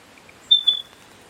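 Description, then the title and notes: Spotted pardalote, a single high two-note piping call, preceded by two faint soft chips, over quiet background hiss. Tiny Australian bird filmed in Dayboro near Brisbane, Australia, September 2022. "Filmed this tiny species in Dayboro, near Brisbane, Australia"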